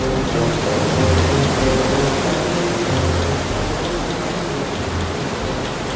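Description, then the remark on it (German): A steady, loud rush of flowing river water, heard from afar, with a low mechanical drone and faint rhythmic rumbling of textile factory machinery and turning water wheels running beneath it throughout, in the centre of the English textile industry. “Schon von Weitem hört er das Rauschen des Flusses, Rattern der Maschinen und Dröhnen der Wasserräder.”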